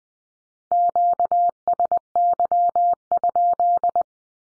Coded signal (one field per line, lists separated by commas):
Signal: Morse code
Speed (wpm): 20 wpm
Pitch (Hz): 700 Hz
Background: none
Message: QSY?